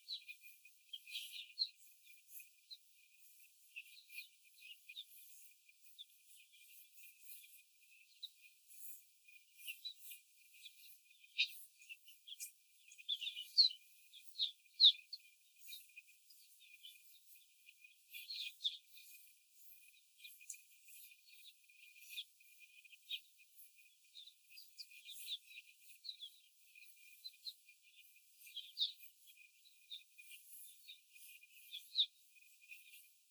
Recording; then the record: young laying hens in a cage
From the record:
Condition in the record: before the stressor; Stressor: simulated dog barking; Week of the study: 4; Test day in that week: 1